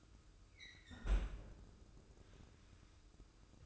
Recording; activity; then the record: daily activity, microphone in the room; close fridge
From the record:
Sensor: 2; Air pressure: 995.2 hPa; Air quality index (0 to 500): 64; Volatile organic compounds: 2 ppm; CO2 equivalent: 1087 ppm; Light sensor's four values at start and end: 17/55/21/21 and 17/55/21/21